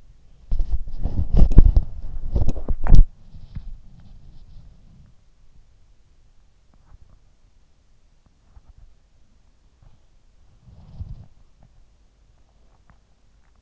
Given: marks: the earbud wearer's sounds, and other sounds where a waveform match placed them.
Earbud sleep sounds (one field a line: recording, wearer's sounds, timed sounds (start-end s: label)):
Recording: sounds in sleep by an in-ear microphone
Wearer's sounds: body movement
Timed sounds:
0.00-5.43 s: body movement
9.68-13.62 s: body movement